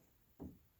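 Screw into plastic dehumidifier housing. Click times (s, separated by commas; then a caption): 0.4 s. A long screw is turned backwards into the plastic housing of a HiSense DH100KP1WG dehumidifier. A single low, dull click sounds at 0.4 s, when its thread drops into the original threaded hole. The screw is lined up and seated in its original thread.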